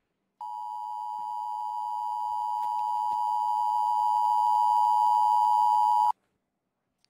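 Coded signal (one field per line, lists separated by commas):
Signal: Emergency Alert System (SAME) tones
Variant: 853 and 960 Hz attention tone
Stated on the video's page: Meme EAS parody with SAME header beeps at the beginning.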